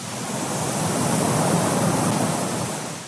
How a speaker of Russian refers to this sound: «Да чтоб тебя! Водопад!» Огромная волна, несущаяся вниз воды, должна была очистить склон от остатков масла. И нас.